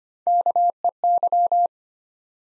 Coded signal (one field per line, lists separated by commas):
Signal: Morse code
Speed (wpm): 25 wpm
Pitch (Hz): 700 Hz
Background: none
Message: KEY